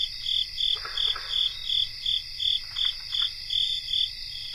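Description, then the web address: Cricket chorus with a steady high trill beneath a rhythmic pulsed chirping, evenly repeated throughout. Cricket chorus recorded in North America. "Nature Songs N America Songs of Insects 77-Cricket chorus"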